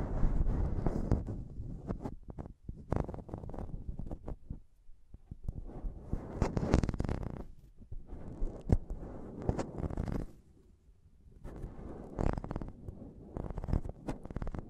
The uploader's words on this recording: ASMR Intense Mic Tapping and Scratching Sounds (No Talking).